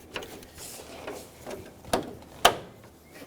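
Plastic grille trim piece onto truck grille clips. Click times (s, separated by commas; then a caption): 2.5 s. A plastic grille trim piece is aligned between the base and the clips on a 1995-2004 Toyota Tacoma grille and pressed on, with soft plastic ticks and a sharper snap around 1.9 s. It clicks into place with a loud, crisp click at 2.5 s, and the trim piece is seated.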